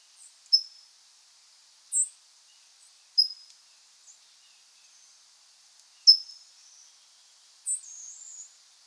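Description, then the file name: California towhee giving several sharp, high chip notes at irregular intervals. "Melozone crissalis - California Towhee"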